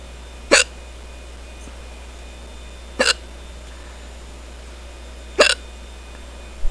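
Four abrupt, sharp hiccup sounds from an adult, about every 2.4 seconds, roughly 25 a minute, over a quiet background hum.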